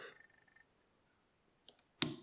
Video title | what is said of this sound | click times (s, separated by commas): Goal V18 pick and gut | number six also nice click | 2.0 s